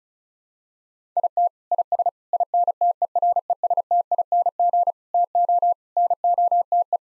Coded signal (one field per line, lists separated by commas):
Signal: Morse code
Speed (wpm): 34 wpm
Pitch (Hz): 700 Hz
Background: none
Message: IT IS INTERESTING TO NOTE